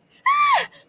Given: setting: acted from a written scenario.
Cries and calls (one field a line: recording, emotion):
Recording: vocal sound without words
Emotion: fear